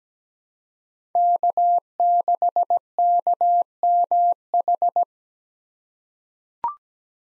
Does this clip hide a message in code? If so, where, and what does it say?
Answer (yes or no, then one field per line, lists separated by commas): yes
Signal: Morse code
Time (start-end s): 1.2-5.0 s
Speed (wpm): 17 wpm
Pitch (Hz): 700 Hz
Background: none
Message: K6KMH